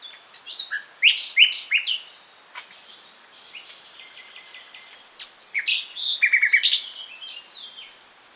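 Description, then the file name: Common nightingale singing varied phrases: loud slurred chirps, a stretch of soft notes, then a loud burst that includes a fast repeated trill. "Luscinia megarhynchos"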